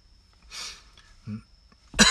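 An adult indoors: a hissing breath is followed by a brief voiced sound, then a sudden loud, harsh burst at the very end, a single cough that is cut off. The room is otherwise quiet.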